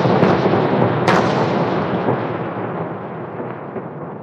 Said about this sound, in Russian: Приходилось перемещаться на 10 метров и горстями раскидывать гранаты. Я кидал 4-ю партию, когда заряженные на 10 секунд первые начали взрываться.